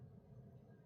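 The metal fold-over clasp tab on a beaded wire amethyst bracelet is handled and folded toward the clasp body. Only a steady low rumble with no distinct click is heard. Nothing has snapped shut or seated yet.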